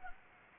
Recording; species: mosquito wingbeat signal from an infrared sensor; Anopheles gambiae